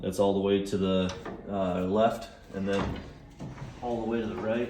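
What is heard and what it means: Someone talks while the blade of a Kolpin UTV Switchblade snow plow on a Ranger 900 is handled: the release handle is pressed down and the blade is swung toward its far left and right pivot positions on the UTV plow frame. The clip ends before the steel pivot latch drops into its angle notch, so nothing has seated or clicked yet.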